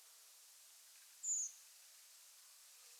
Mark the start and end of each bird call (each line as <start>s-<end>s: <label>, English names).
1.21s-1.49s: Redwing